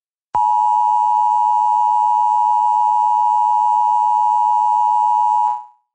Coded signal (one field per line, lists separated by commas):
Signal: Emergency Alert System (SAME) tones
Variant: 853 and 960 Hz attention tone